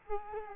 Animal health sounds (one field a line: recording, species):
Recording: mosquito wingbeat signal from an infrared sensor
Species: Culex quinquefasciatus